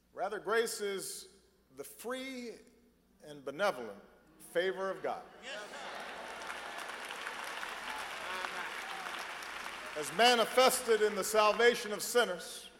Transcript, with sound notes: Rather, grace is the free and benevolent favor of God -- (applause) as manifested in the salvation of sinners